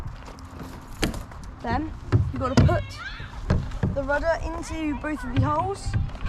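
A dinghy rudder is handled at the transom fittings of an RS Tera Sport while someone talks, with a sharp hit near 1.0 s and softer knocks around 3.5 s and 3.8 s. The rudder is being put into both holes, but nothing has seated or clicked yet.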